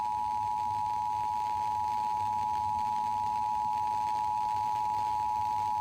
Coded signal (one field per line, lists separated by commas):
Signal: Emergency Alert System (SAME) tones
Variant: 853 and 960 Hz attention tone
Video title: (EAS) RNK Severe Thunderstorm Warning on WKBC-FM 97.3 (4/1/2026)